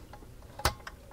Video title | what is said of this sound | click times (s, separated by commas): ITS BACK - Build the Gone in 60 Seconds Eleanor Stages 27 to 30 in 4K | κουμπώνει ακριβώς έτσι | 0.7 s